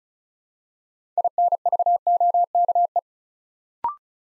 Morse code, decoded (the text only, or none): INVOKE